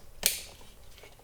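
A plastic wiring harness connector for the interior door light of a 2014-or-later Toyota 4Runner is pushed back onto the new LED bulb housing. A single sharp click is heard at 0.3 seconds, then a quiet tail. The connector is seated.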